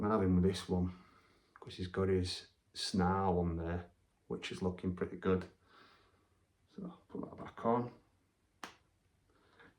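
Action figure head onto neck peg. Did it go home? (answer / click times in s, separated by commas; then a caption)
yes / 8.6 s. Someone talks while putting a plastic action figure head back onto the figure's neck peg. The head seats with a short, sharp click at 8.6 s, after which the clip goes quiet.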